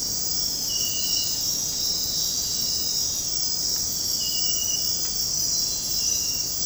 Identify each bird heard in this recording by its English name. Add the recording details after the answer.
none. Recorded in dense forest near Puerto Asís, Putumayo, Colombia, on 19 February 2024 at 01:30. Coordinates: 0.503, -76.322. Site G6418